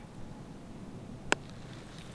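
A steel MB-450/550 foothold trap is being set, and the night latch on its pan engages with one sharp, bright click at 1.3 s over a quiet, low background. A faint softer tick follows at about 1.5 s. The night latch is set and the trap is ready to fire.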